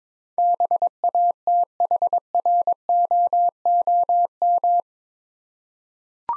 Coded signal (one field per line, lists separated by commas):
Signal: Morse code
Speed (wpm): 22 wpm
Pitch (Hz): 700 Hz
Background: none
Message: BATHROOM